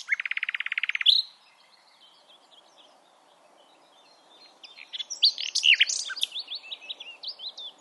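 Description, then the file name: Common nightingale singing a fast, buzzy run of evenly repeated notes, then a few seconds of quiet before a complex, jumbled phrase of sharp chirps and whistles. "Luscinia megarhynchos"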